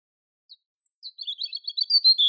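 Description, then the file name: European robin song: after a brief high note, a quick tumbling phrase of thin warbling notes ending in a clear sustained whistle. "Erithacus rubecula"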